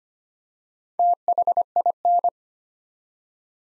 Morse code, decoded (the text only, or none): THIN